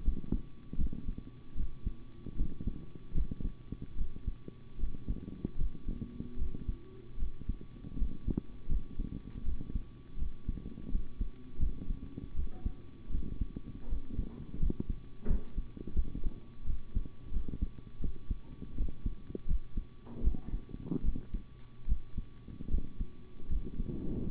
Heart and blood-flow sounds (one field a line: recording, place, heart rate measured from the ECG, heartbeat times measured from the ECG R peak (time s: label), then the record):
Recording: heart sounds by stethoscope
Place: between the tricuspid and mitral areas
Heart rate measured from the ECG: 79 bpm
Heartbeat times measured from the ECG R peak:
0.03 s: heartbeat
0.77 s: heartbeat
1.55 s: heartbeat
2.35 s: heartbeat
3.13 s: heartbeat
3.96 s: heartbeat
4.78 s: heartbeat
5.57 s: heartbeat
6.37 s: heartbeat
7.17 s: heartbeat
7.96 s: heartbeat
8.67 s: heartbeat
9.43 s: heartbeat
10.17 s: heartbeat
10.89 s: heartbeat
11.58 s: heartbeat
12.34 s: heartbeat
13.10 s: heartbeat
13.87 s: heartbeat
14.58 s: heartbeat
15.26 s: heartbeat
15.94 s: heartbeat
16.65 s: heartbeat
17.31 s: heartbeat
18.00 s: heartbeat
18.75 s: heartbeat
19.46 s: heartbeat
20.23 s: heartbeat
21.03 s: heartbeat
21.87 s: heartbeat
22.69 s: heartbeat
23.48 s: heartbeat
24.28 s: heartbeat
From the record:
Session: rest, sitting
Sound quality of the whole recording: good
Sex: male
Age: 25 years